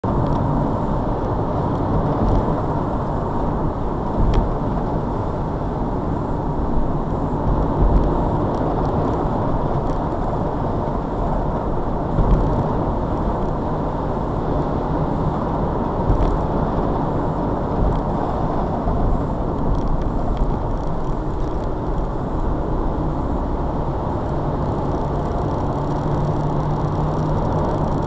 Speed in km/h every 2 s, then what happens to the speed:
95, 90, 79, 79, 82, 81, 82, 87, 85, 81, 72, 69, 71, 89.
0-4 brakes to 79. 4-16 speeds up to 85. 16-21 slows to 69. 21-28 speeds up to 89.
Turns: none.